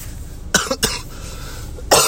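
Three short, harsh coughs from an adult, two close together and one after a pause; a cough that comes on now and then at this time of year.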